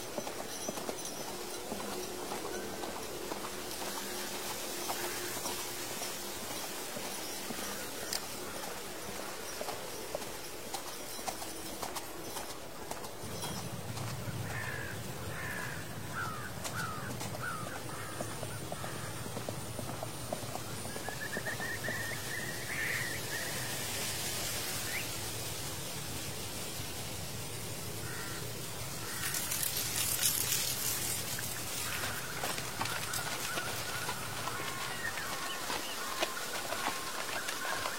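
Horse hooves clop along at a steady, unhurried pace through the whole recording, with a rustle of dry leaves underneath. Birds call intermittently, short bright chirps clustering around the middle and near the end. A low rumbling hum swells from about thirteen seconds onward.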